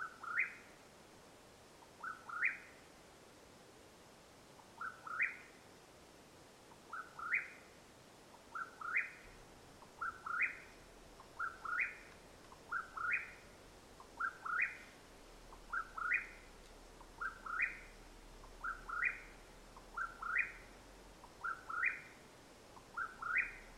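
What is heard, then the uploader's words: A Mexican Whip-poor-will calls over and over at nightfall, each short rolling whistle rising sharply at the end, repeated about every second or so with brief pauses. The bird sounds against a quiet, steady hush and a faint low rumble. The call of the Mexican Whip-poor-will at nightfall in Madera Canyon, AZ.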